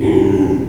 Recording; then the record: squeal of a Yucatan mini pig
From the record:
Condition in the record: before surgery on the right vocal fold (resection and tissue-engineered implant); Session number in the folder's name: 1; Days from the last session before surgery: -3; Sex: male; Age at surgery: 12 weeks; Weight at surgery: 13 kg